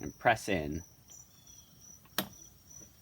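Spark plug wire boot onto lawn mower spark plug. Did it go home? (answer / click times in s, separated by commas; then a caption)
yes / 2.2 s. Someone talks while the rubber spark plug wire boot is pressed onto the spark plug terminal of a Honda push mower, with crickets chirping steadily in the background. A short, sharp click at 2.2 s marks the boot snapping on, and the boot is seated on the plug.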